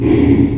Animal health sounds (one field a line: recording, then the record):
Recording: squeal of a Yucatan mini pig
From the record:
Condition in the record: before surgery on the right vocal fold (resection and tissue-engineered implant)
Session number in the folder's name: 1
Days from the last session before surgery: -3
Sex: male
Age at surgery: 12 weeks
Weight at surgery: 13 kg